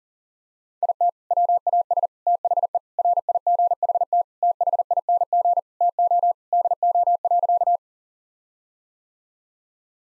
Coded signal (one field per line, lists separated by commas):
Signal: Morse code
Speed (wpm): 40 wpm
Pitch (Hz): 700 Hz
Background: none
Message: IT WAS THE RIGHT THING TO DO.